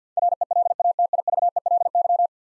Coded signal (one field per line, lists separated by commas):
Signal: Morse code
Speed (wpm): 50 wpm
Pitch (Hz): 700 Hz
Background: none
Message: RELATIVELY